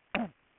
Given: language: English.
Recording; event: throat vibration sensor signal played as sound; cough